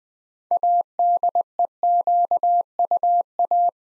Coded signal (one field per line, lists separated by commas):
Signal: Morse code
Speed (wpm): 20 wpm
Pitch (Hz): 700 Hz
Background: none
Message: ADEQUA